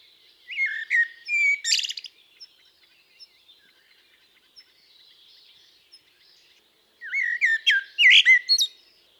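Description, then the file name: Common blackbird delivering short fluted whistles with a high scratchy tail, a lull with faint soft notes, then a fresh burst of rising mellow phrases. "Turdus merula"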